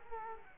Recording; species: mosquito wingbeat signal from an infrared sensor; Culex quinquefasciatus